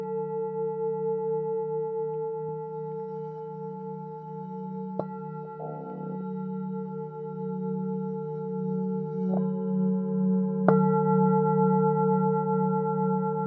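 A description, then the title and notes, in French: Tibetan singing bowls ring in long, sustained tones, their low hum and several steady higher pitches layered and slowly pulsing. Fresh strikes land around 5, 9 and 11 seconds, each adding a bright new ring, with a brief rubbing sound near 6 seconds. Bols tibétains.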